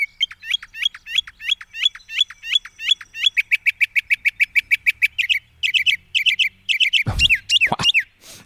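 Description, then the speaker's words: Northern mockingbird song with fast repeated chirps and trills that change pattern several times. Song described as a medley, like the mockingbird's greatest hits all in one track. "there, mockingbird. Sounds like a medley. Is this the mockingbird's greatest hits all in one track? All"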